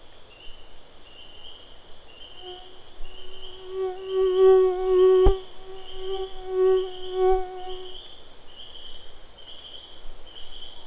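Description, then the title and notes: Mosquito hum rising in loudness then fading, a nasal whining drone lasting several seconds, with a steady high-pitched insect chorus and repeated soft chirps behind. Tropical mosquito recorded 17 November 2006 on the Chemin des grands arbres trail, Saül, French Guiana, with a Nagra LB and cardioid MKH40 microphone. "MOUSTIQUE TROPICAL. 17 novembre 2006-Chemin des grands arbres - Saül - Nagra Lb - cardioïde - mkh40"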